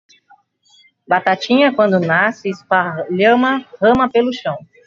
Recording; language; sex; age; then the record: short text; Brazilian Portuguese; female; 50 to 59 years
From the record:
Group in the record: control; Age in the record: 52 years